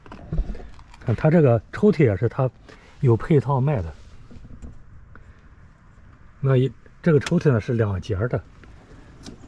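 Someone talks while handling a fridge drawer on a two-stage drawer slide mount in a GX460, with a few faint handling ticks between the speech. The clip ends before the drawer is pushed home, and nothing has seated or clicked yet.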